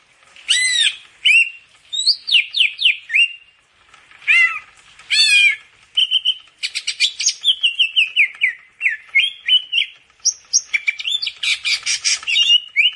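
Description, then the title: Grey-cheeked bulbul song: arching nasal whistles and quick chattering phrases alternating in a varied, fairly continuous sequence. "Kicau Burung Cucak Jenggot"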